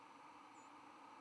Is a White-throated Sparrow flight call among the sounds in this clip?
no